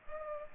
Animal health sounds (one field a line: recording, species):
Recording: mosquito wingbeat signal from an infrared sensor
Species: Culex pipiens